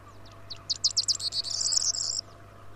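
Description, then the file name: Corn bunting singing a short phrase of stuttered high ticks that accelerate into a tinkling, key-jangling trill, with a steady low hum underneath. "Mathias Ritschard - Prosyanka Emberiza calandra"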